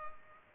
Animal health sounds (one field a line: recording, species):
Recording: mosquito wingbeat signal from an infrared sensor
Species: Culex pipiens